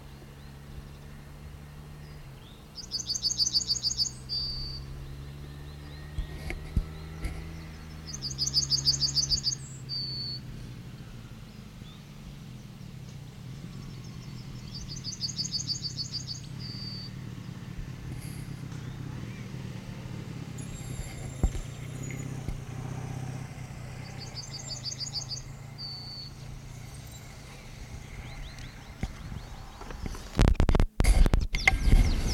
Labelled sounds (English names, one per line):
Yellowhammer